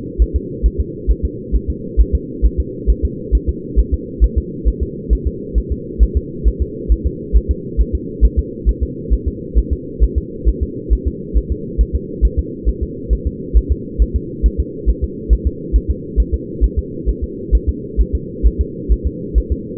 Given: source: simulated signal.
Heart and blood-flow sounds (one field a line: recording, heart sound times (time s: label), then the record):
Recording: fetal heart sounds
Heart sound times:
0.22 s: S1
0.36 s: S2
0.66 s: S1
0.80 s: S2
1.11 s: S1
1.25 s: S2
1.55 s: S1
1.70 s: S2
2.01 s: S1
2.15 s: S2
2.45 s: S1
2.60 s: S2
2.90 s: S1
3.05 s: S2
3.35 s: S1
3.49 s: S2
3.80 s: S1
3.94 s: S2
4.24 s: S1
4.38 s: S2
4.68 s: S1
4.83 s: S2
5.13 s: S1
5.27 s: S2
5.58 s: S1
5.72 s: S2
6.03 s: S1
6.17 s: S2
6.48 s: S1
6.62 s: S2
6.92 s: S1
7.07 s: S2
7.37 s: S1
7.51 s: S2
7.81 s: S1
7.95 s: S2
8.25 s: S1
8.39 s: S2
8.69 s: S1
8.83 s: S2
9.13 s: S1
9.28 s: S2
9.58 s: S1
9.73 s: S2
10.04 s: S1
10.18 s: S2
10.49 s: S1
10.63 s: S2
10.93 s: S1
11.08 s: S2
11.37 s: S1
11.52 s: S2
11.81 s: S1
11.96 s: S2
12.25 s: S1
12.39 s: S2
12.69 s: S1
12.83 s: S2
13.13 s: S1
13.27 s: S2
13.57 s: S1
13.72 s: S2
14.02 s: S1
14.16 s: S2
14.46 s: S1
14.60 s: S2
14.90 s: S1
15.04 s: S2
15.33 s: S1
15.47 s: S2
15.76 s: S1
15.90 s: S2
16.20 s: S1
16.34 s: S2
16.64 s: S1
16.79 s: S2
17.09 s: S1
17.24 s: S2
17.55 s: S1
17.69 s: S2
18.01 s: S1
18.15 s: S2
18.46 s: S1
18.61 s: S2
18.92 s: S1
19.07 s: S2
19.38 s: S1
19.52 s: S2
From the record:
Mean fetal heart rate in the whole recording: 135 bpm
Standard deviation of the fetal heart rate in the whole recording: 3 bpm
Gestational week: 34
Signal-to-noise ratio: -4.1 dB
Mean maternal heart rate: no maternal heart sound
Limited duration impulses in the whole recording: absent